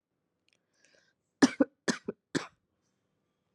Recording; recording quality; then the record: shallow voluntary cough; excellent, no background noise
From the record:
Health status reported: COVID-19 positive, moderate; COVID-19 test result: positive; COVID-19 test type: RT-PCR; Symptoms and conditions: cough, cold, breathing difficulty, fever, muscle pain, loss of smell and taste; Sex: female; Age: 27 years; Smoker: no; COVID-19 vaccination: both doses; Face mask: not worn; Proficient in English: yes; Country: India